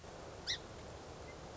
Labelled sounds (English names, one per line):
Song Sparrow